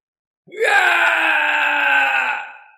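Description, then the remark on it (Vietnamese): A single long, mournful scream rises sharply and then holds a steady, wailing tone for about two seconds, loud and rich in harmonics, before fading out at the end. “Một tiếng kêu thê lương vang lên”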